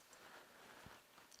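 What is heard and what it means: During a blindfolded reassembly, a slide stop is worked into a 1911 pistol frame against a low, steady background. A short knock at 1.3 s marks the part shifting partway in, but it is not yet fully home.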